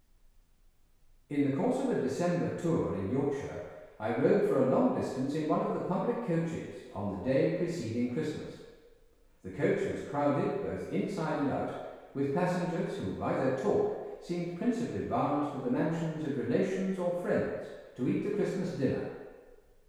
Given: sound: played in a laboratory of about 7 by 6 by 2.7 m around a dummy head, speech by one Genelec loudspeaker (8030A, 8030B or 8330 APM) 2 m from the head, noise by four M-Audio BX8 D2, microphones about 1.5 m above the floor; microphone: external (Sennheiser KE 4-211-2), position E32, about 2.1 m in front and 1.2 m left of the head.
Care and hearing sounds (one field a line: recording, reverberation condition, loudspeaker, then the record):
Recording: male speech in English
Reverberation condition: high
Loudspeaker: in front (0 degrees)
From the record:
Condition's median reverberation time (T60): about 1300 ms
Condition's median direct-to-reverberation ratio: about -4.0 dB